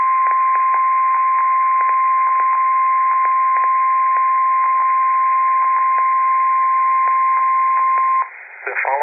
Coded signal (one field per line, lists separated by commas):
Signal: Emergency Alert System (SAME) tones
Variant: 1050 Hz attention tone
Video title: EAS Alerts From August 2025 eas 21-31